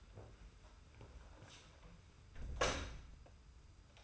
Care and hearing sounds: daily activity, microphone in the room; close door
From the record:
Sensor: 2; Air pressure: 991.4 hPa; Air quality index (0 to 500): 154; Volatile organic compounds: 541 ppm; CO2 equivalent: 4871 ppm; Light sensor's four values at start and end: 34/99/39/37 and 34/99/39/37

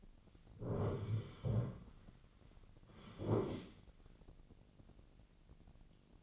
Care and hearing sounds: daily activity, microphone in the room; sit down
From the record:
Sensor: 4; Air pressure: 1010.0 hPa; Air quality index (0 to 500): 198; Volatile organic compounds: 3 ppm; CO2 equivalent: 1421 ppm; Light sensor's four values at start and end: 37/91/38/40 and 37/91/38/40

